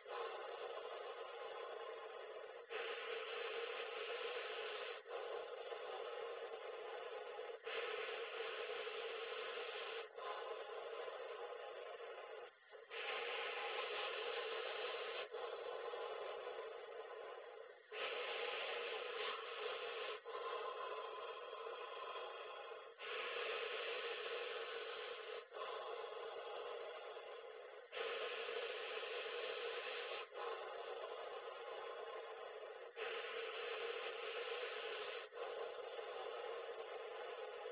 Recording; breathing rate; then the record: paced breathing near a phone; 12 breaths a minute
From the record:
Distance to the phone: 20 cm